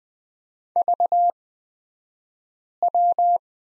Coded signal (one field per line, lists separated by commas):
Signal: Morse code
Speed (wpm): 20 wpm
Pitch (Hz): 700 Hz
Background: none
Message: VW